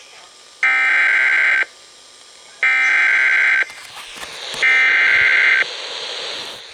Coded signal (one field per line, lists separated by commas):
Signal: Emergency Alert System (SAME) tones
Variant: header bursts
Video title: Severe Thunderstorm Warning | EAS #570